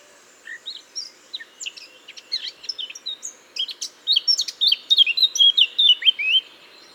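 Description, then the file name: Eurasian blackcap singing: soft chattering notes gradually strengthen into a loud, clear fluting flourish of quick descending whistles. "Sylvia atricapilla"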